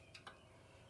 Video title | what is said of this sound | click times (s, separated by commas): How to Replace Carburetor On Predator 8750 Generator | gonna have to give it full throttle so you can get it in there now snap right in | 0.1 s, 0.3 s